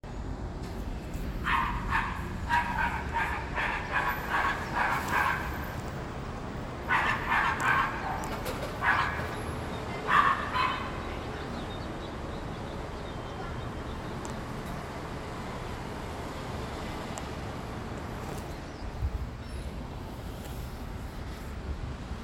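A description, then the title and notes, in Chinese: A street recording by a road, with a steady low traffic rumble running the whole way through. In the first ten seconds a dog barks in quick repeated bursts. After that only the even hum of passing vehicles remains. 內湖路。聲景。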